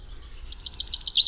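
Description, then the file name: Common chaffinch song fragment: a short series of bright, evenly repeated high notes rising slightly in loudness toward the end. "Fringilla coelebs"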